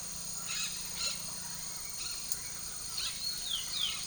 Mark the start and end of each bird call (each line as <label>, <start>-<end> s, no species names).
bird call, 0.47-1.20 s
bird call, 3.05-4.06 s